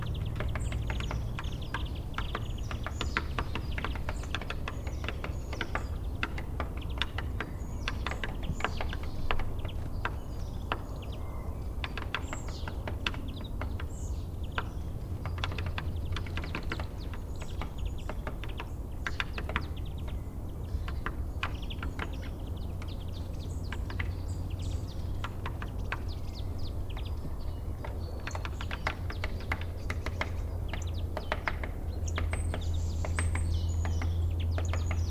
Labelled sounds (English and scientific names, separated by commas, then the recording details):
Great Spotted Woodpecker (Dendrocopos major)
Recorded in the wild
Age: adult
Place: Bernau bei Berlin, Forst Bernau, Brandenburg, DE
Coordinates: 52.6975, 13.5211
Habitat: wood
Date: 2007-02-18 16:36
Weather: heiter, 7-8°C
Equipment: Sound Devices 702, Sennheiser MKH 70, Windkorb
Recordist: Frommolt, Karl-Heinz